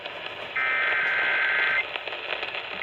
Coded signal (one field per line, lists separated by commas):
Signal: Emergency Alert System (SAME) tones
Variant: header bursts